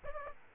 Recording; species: mosquito wingbeat signal from an infrared sensor; Aedes aegypti